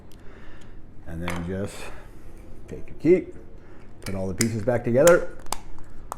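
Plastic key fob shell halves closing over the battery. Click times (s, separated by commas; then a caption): 5.5 s, 6.1 s. Someone talks while the two plastic halves of a Subaru key fob are pressed back together over a newly fitted coin battery. Sharp snaps are heard at 5.5 s and 6.1 s as the shell halves seat and close.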